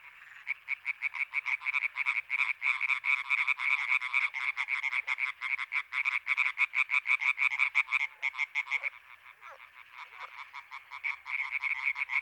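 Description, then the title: European tree frog chorus: fast, harsh croaking pulses from many frogs overlapping in a steady rattling wall of sound, briefly thinning near the end. European tree frogs in intense chorus at Étang des Marguilliers, Sologne, France, 21 May 1993, an hour after nightfall. "Choeur de rainettes en Sologne"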